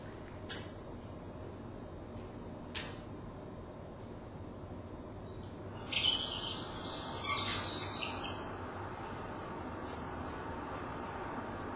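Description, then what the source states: Dark-sided Flycatcher giving faint, thin, high-pitched chirps clustered in a burst of a few seconds in the second half, over steady background hiss with a couple of sharp clicks earlier. Very rarely heard bird; only one chance to record it in over 50 years of recording; faint, hard-to-hear voice.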